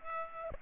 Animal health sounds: mosquito wingbeat signal from an infrared sensor; Aedes aegypti

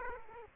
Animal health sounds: mosquito wingbeat signal from an infrared sensor; Aedes aegypti

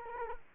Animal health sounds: mosquito wingbeat signal from an infrared sensor; Culex quinquefasciatus

